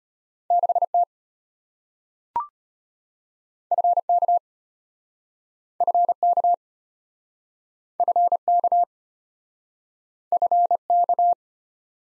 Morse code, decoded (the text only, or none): 6T FK FK FK FK